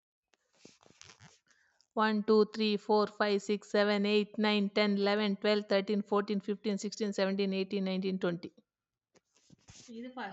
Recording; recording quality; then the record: counting at a fast pace; excellent, no background noise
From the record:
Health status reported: recovered from COVID-19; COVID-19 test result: positive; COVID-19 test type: RT-PCR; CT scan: not taken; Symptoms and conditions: cough, cold, sore throat, muscle pain, diabetes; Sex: female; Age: 42 years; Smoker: no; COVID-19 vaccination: both doses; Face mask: worn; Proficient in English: yes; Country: India